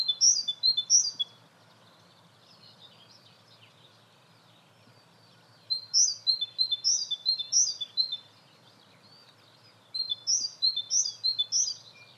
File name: Parus major